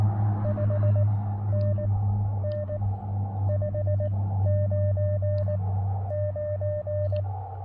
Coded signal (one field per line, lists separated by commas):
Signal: Morse code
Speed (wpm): 18 wpm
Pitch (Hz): 590 Hz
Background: radio noise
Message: 5NN 599